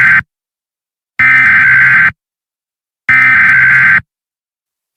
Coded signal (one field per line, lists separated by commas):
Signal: Emergency Alert System (SAME) tones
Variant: header bursts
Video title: EAS Scenario: It Is Watching You...... (A EAS Maker Alternate world Scenario)